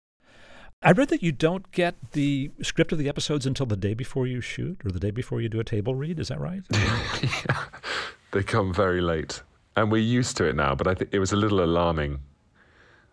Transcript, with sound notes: I read that you don't get the script of the episodes until the day before you shoot or the day before you do a table read. Is that right?
(Laughter) Yeah. They come very late. And we're used to it now, but I - it was a little alarming.